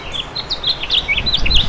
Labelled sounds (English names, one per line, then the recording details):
House Finch song
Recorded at East Hampton on Long Island, New York, on 15 June 2013
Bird B